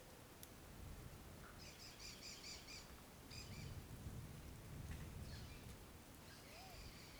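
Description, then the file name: Bird calls: quick bursts of rapid, high, buzzy chirps near the two-second mark and again around three and a half seconds, with fainter chirps later over steady low rumbling wind noise. Two birds calling to each other, one near and one far, on a street in the afternoon with light wind. "Passaros perto e longe na rua a tarde, dois passaros conversando e vento leve no meio"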